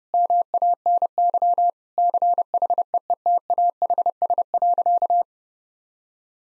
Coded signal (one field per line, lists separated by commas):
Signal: Morse code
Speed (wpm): 32 wpm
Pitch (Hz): 700 Hz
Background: none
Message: MANY CHEETAHS.